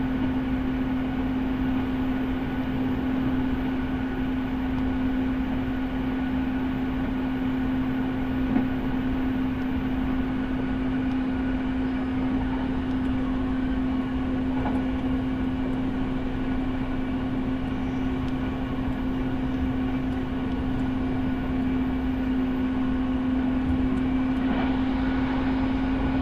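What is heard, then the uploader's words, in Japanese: A steady, unbroken rumble fills the interior of a moving train, with a strong low hum holding one pitch throughout. The loudness barely changes; a single faint click comes near nine seconds, and a few soft rattles surface later. 柳ヶ浦を出ると、中津、牛島、行橋の順に停車をしていきます。ようやく日ものぼってきました。耳で楽しむ鉄道旅。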